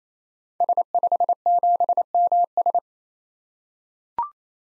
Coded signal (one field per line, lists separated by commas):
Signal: Morse code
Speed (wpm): 29 wpm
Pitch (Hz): 700 Hz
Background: none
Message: S57MS